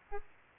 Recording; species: mosquito wingbeat signal from an infrared sensor; Aedes albopictus